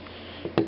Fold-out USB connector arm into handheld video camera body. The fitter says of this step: and then to put it back in you just simply slide it back down it locks into place